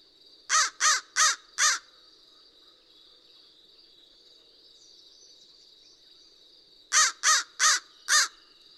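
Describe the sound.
American crow giving a rapid burst of four rasping caws, falling silent for about five seconds, then another set of four, with a steady high hum behind.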